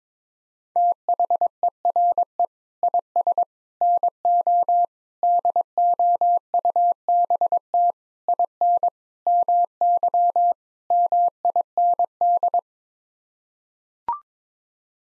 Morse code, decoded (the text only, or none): THERE IS NO DOUBT IN MY MIND